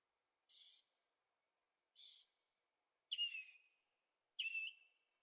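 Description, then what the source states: Bird calls: two buzzy high notes followed by two lower, falling chirped notes, spaced roughly a second apart. Birds singing at night in Carefree, Arizona; recorded in stereo with a Zoom H6.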